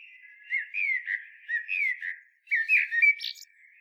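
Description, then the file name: Common blackbird warbling a run of low fluty whistles with rising and falling slurs, then a brief high scratchy flourish at the end. "Turdus merula"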